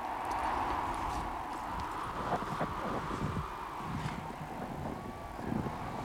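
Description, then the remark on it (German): Horses shuffle and clop their hooves in an uneven, irregular rhythm, dull thuds and knocks scattered over a steady, rushing wind-like hiss, in cold, snowy weather, with no one speaking. “Hinlegen, dicht an die Pferde ran.”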